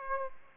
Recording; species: mosquito wingbeat signal from an infrared sensor; Aedes aegypti